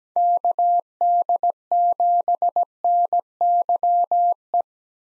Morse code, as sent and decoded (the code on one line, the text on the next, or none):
-.- -.. --... -. -.-- .
KD7NYE